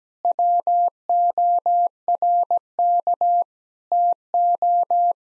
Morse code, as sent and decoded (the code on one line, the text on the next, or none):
.-- --- .-. -.- / - ---
WORK TO